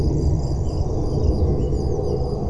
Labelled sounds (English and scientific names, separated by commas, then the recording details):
Eurasian Blackcap (Sylvia atricapilla)
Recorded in Germany
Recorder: ecoPi